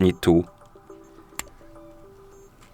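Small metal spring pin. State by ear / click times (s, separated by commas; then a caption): seated / 1.4 s. A quick-release strap spring pin on an Amazfit Active Max smartwatch is retracted with its lever, lined up with the lug hole, and released while someone talks briefly at the start. A sharp metallic click at 1.4 s is heard as the pin snaps into the lug hole, followed by a faint tonal hum. The pin seats and holds in the lug.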